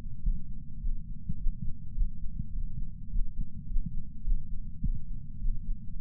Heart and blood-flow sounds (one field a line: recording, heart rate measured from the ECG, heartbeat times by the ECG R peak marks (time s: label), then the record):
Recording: heart sounds by patch sensor on the chest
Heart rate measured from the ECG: 105 bpm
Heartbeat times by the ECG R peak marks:
0.23 s: heartbeat
0.81 s: heartbeat
1.38 s: heartbeat
1.95 s: heartbeat
2.53 s: heartbeat
3.11 s: heartbeat
3.68 s: heartbeat
4.25 s: heartbeat
4.83 s: heartbeat
5.40 s: heartbeat
5.97 s: heartbeat
From the record:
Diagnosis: coronary artery disease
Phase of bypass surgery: postoperative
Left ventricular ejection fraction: 62.1%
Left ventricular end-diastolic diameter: 45 mm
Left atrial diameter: 33 mm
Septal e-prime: 6.9 cm/s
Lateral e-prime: 10.6 cm/s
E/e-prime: 10.6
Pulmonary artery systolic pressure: 22 mmHg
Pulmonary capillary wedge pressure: 8 mmHg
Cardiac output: 5.1 L/min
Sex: female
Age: 52 years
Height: 163 cm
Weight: 80 kg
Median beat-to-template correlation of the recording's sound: 0.72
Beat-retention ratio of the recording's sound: 0.98